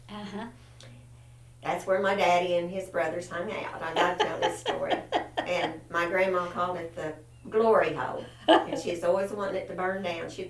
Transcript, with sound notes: Uh-huh.
That's where my daddy and his brothers hung out-- (Laughter) I love telling this story. And my grandma called it the "Glory Hole" and she was always wanting it to burn down.